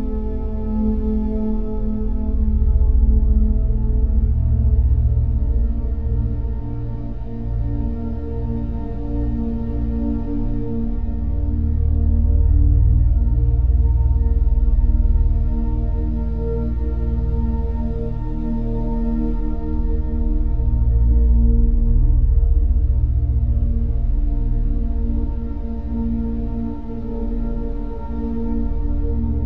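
A deep, rumbling drone holds steady for the whole stretch, tuned to 432Hz, with stacked sustained tones layered above it. The low rumble swells and eases slowly every few seconds, like a soft pulse. Nothing else breaks in, and the top end stays dark.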